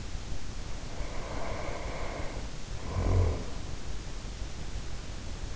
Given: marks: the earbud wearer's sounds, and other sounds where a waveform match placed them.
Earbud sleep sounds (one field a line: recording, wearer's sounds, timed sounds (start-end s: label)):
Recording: sounds in sleep by an in-ear microphone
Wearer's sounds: snoring breath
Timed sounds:
0.78-3.70 s: snoring breath